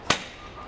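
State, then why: Seated. A Thule EasyFold XT 934 electric bike carrier's lighting plug is pushed fully home into the tow-hitch electrical socket of a Hyundai Palisade. A single sharp, broadband clunk-click sounds at 0.1 s, then fades into a quiet, steady background. The plug is fully seated.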